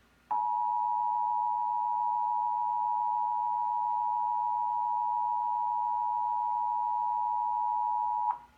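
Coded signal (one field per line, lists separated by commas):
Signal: Emergency Alert System (SAME) tones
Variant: 853 and 960 Hz attention tone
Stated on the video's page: Real flash flood warning from the NWS in Oxnard, broadcast on KABC-TV.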